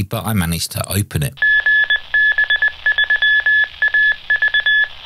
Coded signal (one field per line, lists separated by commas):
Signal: Morse code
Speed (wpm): 20 wpm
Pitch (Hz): 1700 Hz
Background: speech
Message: GB3AV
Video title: Chierda TC18 - A Compact Handheld Transceiver For PMR FRS GMRS & Ham Radio